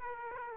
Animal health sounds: mosquito wingbeat signal from an infrared sensor; Aedes aegypti

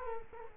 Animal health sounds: mosquito wingbeat signal from an infrared sensor; Culex quinquefasciatus

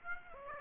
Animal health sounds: mosquito wingbeat signal from an infrared sensor; Aedes aegypti

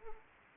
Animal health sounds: mosquito wingbeat signal from an infrared sensor; Anopheles arabiensis

